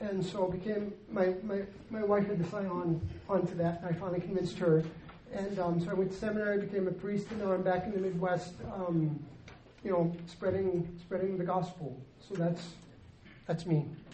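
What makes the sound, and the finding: Adult male speaker. Spasmodic dysphonia.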